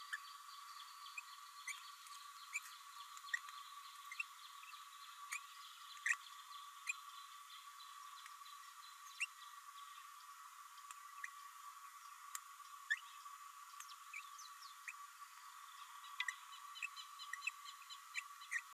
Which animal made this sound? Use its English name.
Green-rumped Parrotlet